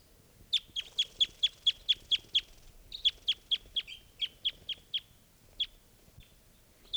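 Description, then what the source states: Crossbill calls, a rapid series of sharp high kip notes in short bursts, pausing and resuming. Female, recorded by a net.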